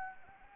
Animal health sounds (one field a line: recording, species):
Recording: mosquito wingbeat signal from an infrared sensor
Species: Anopheles arabiensis